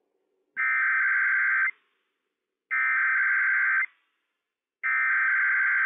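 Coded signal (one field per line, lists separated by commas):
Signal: Emergency Alert System (SAME) tones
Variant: header bursts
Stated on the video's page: Required weekly test from county emergency management for Benton, Franklin and Walla Walla counties, Washington, with operational EAS tones.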